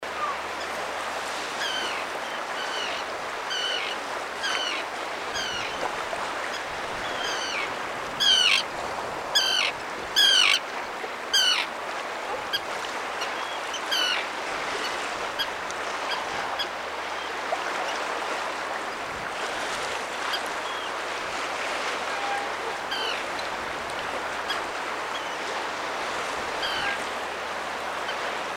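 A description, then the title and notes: Common terns call repeatedly against a steady wash of water or surf that runs through the whole recording. The sharp, grating calls come in clusters, loudest and closest around eight to twelve seconds, with fainter calls scattered throughout and a low hum beneath. Common Tern Sterna hirundo. Hirundo, 1CY BIF2151, 05/07/20070, Spain.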